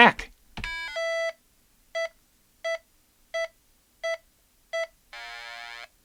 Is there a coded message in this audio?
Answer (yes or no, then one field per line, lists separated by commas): no